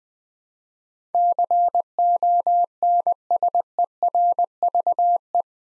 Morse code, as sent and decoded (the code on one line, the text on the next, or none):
-.-. --- -. ... . .-. ...- .
CONSERVE